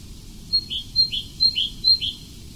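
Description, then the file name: Tit song: a high thin note followed by a lower note, the pair repeated four times in quick succession. "Meise"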